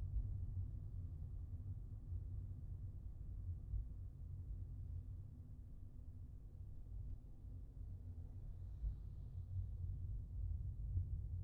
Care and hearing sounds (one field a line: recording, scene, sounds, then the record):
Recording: everyday scene through a hearing-aid microphone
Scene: in a vehicle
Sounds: engine, traffic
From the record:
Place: Skoda Fabia, gasoline engine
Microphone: in the ear canal, left